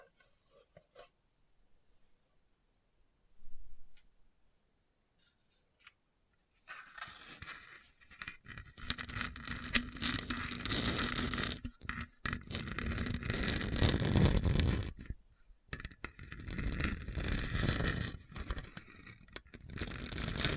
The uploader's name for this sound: Hard and Bumpy Surface Scratching